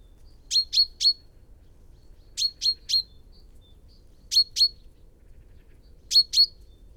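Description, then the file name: Common chaffinch call notes: four tight bunches of clipped, high, ringing chips, three notes in the first two and two in the last two, spaced about two seconds apart. "Fringilla coelebs"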